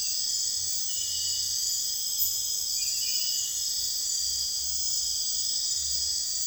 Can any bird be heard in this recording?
no